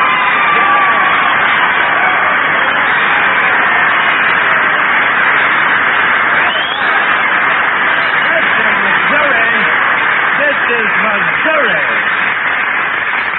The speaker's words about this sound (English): Oh, Jackson, listen to that applause.